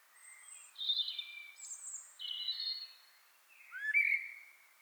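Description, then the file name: Common blackbird giving a run of high thin squeaky notes, then a louder, lower fluted note at the end. "Turdus merula"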